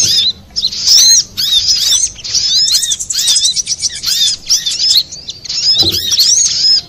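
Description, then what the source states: Little spiderhunter song of hurried, shrill twitters and looping squeaks in close bursts, broken by brief silences, with a faint thud near the end. Master recording for training cage birds.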